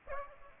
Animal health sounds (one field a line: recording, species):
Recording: mosquito wingbeat signal from an infrared sensor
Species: Aedes aegypti